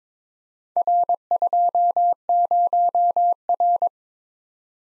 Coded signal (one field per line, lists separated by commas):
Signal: Morse code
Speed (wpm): 22 wpm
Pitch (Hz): 700 Hz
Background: none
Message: R20R